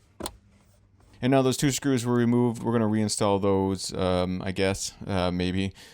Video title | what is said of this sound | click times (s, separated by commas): How to change 2023 Chevy Equinox Filters | push that cover back down so you should be able to push that down and just hear it snap in place | 0.3 s